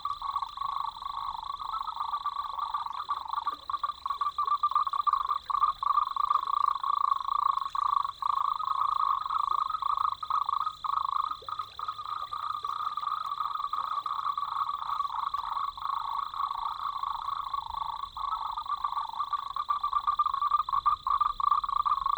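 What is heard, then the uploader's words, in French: A dense chorus of frogs calls without pause, many voices overlapping into a steady, buzzing wall of sound. A high, thin band of trilling sits above a stronger middle layer of croaks, with a faint low rumble underneath throughout. Grenouilles de Taiwan. Prises de son, montage & mixage : Yannick Dauby. Une balade de mare en mare en croisant les chants des batraciens.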